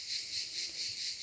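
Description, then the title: Cicada droning continuously at a high pitch, the buzz throbbing in repeated swells. "cigales"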